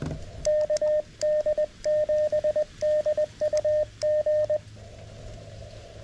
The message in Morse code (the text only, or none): KD7DUG